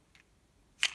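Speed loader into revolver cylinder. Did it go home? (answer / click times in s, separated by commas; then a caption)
yes / 0.8 s. A speed loader of shells is pushed and twisted into the cylinder of a King Arms Python airsoft revolver, with faint soft handling noise near 0.2 s. A sharp, bright click at 0.8 s marks the shells seating in the cylinder.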